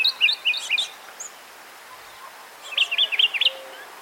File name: Northern Mockingbird Mimus polyglottos Goltz